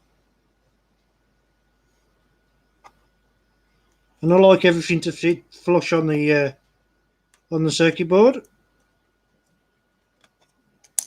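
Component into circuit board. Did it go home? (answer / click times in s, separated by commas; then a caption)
yes / 11.0 s. Someone talks while a component is pressed so it sits flush on a circuit board. A few faint ticks follow, then the component drops into place with a sharp little click at 11.0 s. It is seated.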